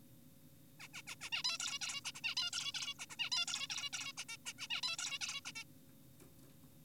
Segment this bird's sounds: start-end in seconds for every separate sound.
0.80-0.88, 0.94-1.02, 1.07-1.16, 1.21-1.30, 1.32-1.43, 1.44-1.58, 1.60-1.78, 1.82-2.01, 2.05-2.12, 2.15-2.21, 2.24-2.35, 2.37-2.51, 2.53-2.72, 2.74-2.94, 2.99-3.05, 3.10-3.16, 3.19-3.30, 3.32-3.46, 3.48-3.68, 3.70-3.90, 3.93-4.12, 4.18-4.24, 4.29-4.37, 4.46-4.53, 4.59-4.67, 4.70-4.81, 4.83-4.97, 4.98-5.18, 5.21-5.41, 5.46-5.52, 5.56-5.64